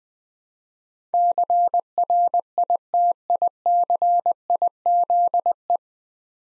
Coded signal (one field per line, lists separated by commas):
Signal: Morse code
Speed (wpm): 20 wpm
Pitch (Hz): 700 Hz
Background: none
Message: CRITICIZE